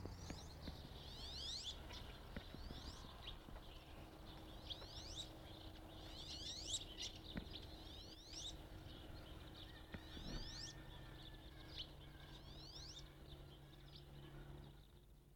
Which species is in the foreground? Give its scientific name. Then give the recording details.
Aix sponsa. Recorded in the wild. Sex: male. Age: adult. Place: Blankenfelde, Berlin, DE. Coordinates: 52.6, 13.4. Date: 1968-04-13 12:00. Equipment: R 20/1, Sennheiser MD 421. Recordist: Tembrock, Günter. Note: Männchen: Balzruf. Blankenfelde, Schulgarten